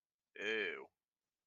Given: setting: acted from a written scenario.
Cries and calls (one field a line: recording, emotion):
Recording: vocal sound without words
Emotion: shame